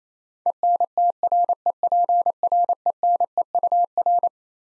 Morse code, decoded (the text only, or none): ENTREPRENEUR